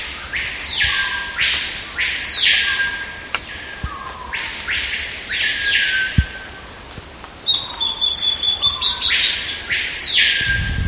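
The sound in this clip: Bird calling with several harsh, broad rasping sweeps, then a brief fast series of high, sharp notes followed by more sweeps.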